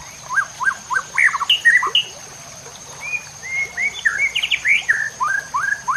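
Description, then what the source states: White-rumped shama singing a varied run of short whistled and slurred notes, some rising, some falling, delivered in quick irregular bursts. Masteran (training recording for cage birds) of white-rumped shama, locally murai batu, labelled labaik.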